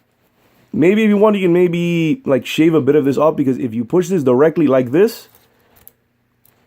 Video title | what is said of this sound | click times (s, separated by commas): Revenge of the Fallen deluxe Bumblebee | won't it won't click because in there it stops it | none